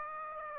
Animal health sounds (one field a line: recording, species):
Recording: mosquito wingbeat signal from an infrared sensor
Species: Aedes aegypti